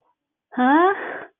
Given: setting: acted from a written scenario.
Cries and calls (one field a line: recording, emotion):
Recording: vocal sound without words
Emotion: positive surprise